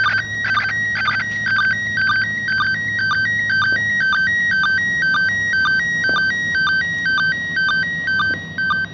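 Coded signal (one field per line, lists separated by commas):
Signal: SSTV (slow-scan television)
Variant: PD 120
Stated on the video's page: SSTV image from the International Space Station, received on an ICOM IC-2GAT handheld and recorded with a vivo Y76 phone.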